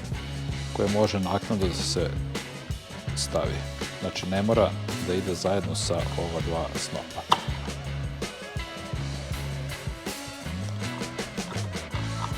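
Someone talks over background music while the third shaft of a BMW R100R motorcycle gearbox is lowered into the metal transmission housing alongside the two gear packs. Light metallic handling sounds are heard, with a brief sharp tap near the end. The clip ends before the shaft drops into place, so nothing has seated or clicked yet.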